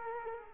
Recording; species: mosquito wingbeat signal from an infrared sensor; Culex quinquefasciatus